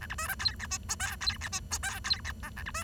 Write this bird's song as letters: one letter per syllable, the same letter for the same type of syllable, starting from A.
A B C D E F G H I E F G H I E F J A B C